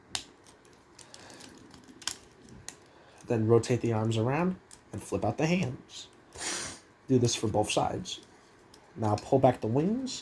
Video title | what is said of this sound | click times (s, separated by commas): Transformers Studio series 76 Thrust (Review) #4 | until you hear them clicking | 0.1 s